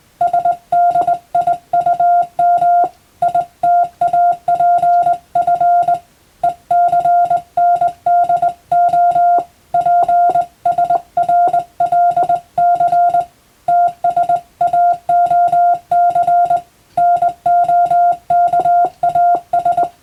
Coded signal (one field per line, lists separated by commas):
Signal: Morse code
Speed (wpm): 20 wpm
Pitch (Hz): 700 Hz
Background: music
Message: SDIUM ITAPF ECNDO PSRLC TSAOC NOKAS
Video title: そうだ！今年はYouTubeでモールス信号をマスターしよう！スマホ全盛の今でも行われているモールスの国家試験の練習風景です。アマチュア無線の受信練習にどうぞ(morse code practice )